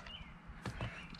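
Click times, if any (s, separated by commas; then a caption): 0.7 s. On a Mercruiser boat engine, the next spark plug wire terminal is pressed into another tower of the distributor cap. A sharp click at 0.7 s is heard over quiet background noise, followed by a softer knock and a faint tick. The terminal snaps right in and is seated.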